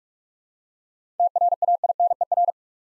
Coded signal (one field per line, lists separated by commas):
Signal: Morse code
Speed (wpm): 46 wpm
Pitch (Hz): 700 Hz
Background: none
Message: TRAINER